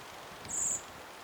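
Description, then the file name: Eurasian blackbird call: one thin, level, very high whistle held for about a third of a second, with faint hiss around it. "Turdus merula"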